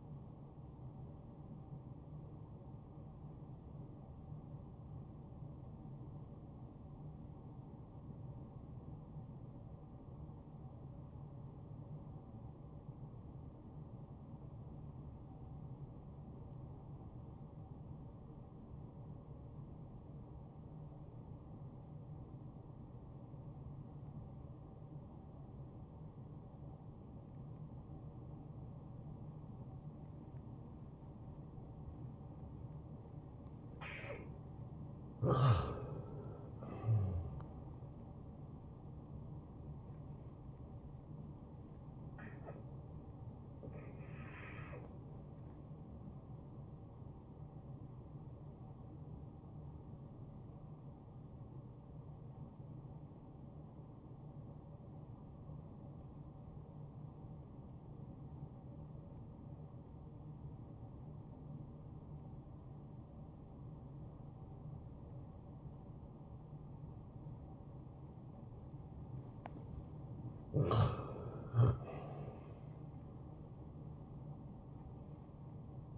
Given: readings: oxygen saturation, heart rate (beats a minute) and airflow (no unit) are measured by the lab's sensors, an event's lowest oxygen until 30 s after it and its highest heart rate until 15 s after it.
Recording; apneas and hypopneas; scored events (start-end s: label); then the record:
breathing in sleep by a smartphone at the bedside; 2
4.00-35.80 s: obstructive apnea (N1, oxygen 95% highest, then 84% lowest, heart rate 67 at the start, 72 highest)
8.00-38.00 s: new sleep stage, N2 (light sleep)
38.00-75.98 s: new sleep stage, N1 (lightest sleep)
50.00-70.40 s: obstructive apnea (N1, oxygen 90% highest, then 84% lowest, heart rate 70 at the start, 71 highest)
From the record:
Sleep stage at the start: N1 (lightest sleep); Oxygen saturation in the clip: 81 to 95%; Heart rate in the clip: 60 to 72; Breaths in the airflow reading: 4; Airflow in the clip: -16.6 to 5.7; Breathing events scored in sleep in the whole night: 263 in 5.5 hours asleep